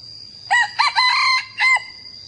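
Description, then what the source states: Red junglefowl crow, a four-part call with a short opening note, a long sustained middle phrase and a short final note. Young male crowing.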